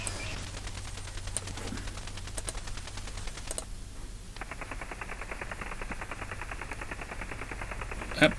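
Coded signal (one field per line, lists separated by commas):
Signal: radar signal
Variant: over-the-horizon radar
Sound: rapid steady buzzing clicks, about ten pulses a second, rough rasping tone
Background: radio static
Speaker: i don't know what that is i've seen that a couple of times before we listen to it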